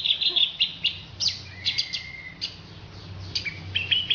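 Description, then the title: Orange-headed thrush song: clear high whistled notes and short trills, with a long thin whistled tone and varied chirps between pauses. "Anis Merah"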